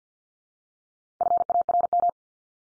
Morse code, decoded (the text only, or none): FARM